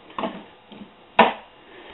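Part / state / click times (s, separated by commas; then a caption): magnetic back panel onto PC case chassis / seated / 1.2 s. A removable magnetic back panel is put back onto the chassis of the modded "Dark Knight" PC case. Softer knocks at about 0.2 s and 0.7 s come before a loud, sharp snap at 1.2 s as the panel seats magnetically into place.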